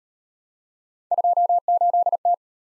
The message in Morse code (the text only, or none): 28T